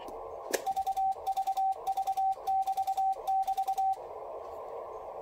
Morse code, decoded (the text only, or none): VVV<BT><BT>